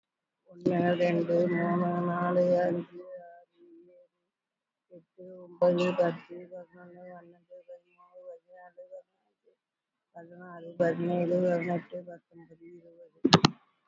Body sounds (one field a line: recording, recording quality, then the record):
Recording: counting at a normal pace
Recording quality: excellent, no background noise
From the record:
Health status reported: respiratory illness, not identified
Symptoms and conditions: fever, fatigue, muscle pain, asthma, diabetes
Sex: female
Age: 70 years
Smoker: no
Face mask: worn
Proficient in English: no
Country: India